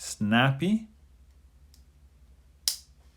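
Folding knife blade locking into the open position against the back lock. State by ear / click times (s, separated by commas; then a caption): seated / 2.7 s. Someone talks briefly, then a Civivi folding pocketknife blade is flicked open with a light, snappy action. At 2.7 s the blade locks into the open position against the back lock with a loud, sharp snap, and it holds locked in place.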